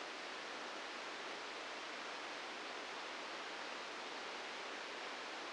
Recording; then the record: brain microelectrode recording played as sound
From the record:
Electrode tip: outside the subthalamic nucleus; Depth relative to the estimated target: 1 mm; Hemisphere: right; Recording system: NeuroSet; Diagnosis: Parkinson's disease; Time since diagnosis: 9 years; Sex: female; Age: 51 years